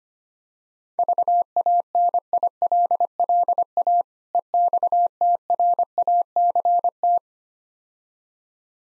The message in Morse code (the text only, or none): VANILLA EXTRACT